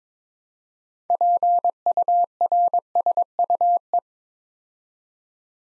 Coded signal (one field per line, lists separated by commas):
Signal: Morse code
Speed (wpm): 22 wpm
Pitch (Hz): 700 Hz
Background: none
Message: PURSUE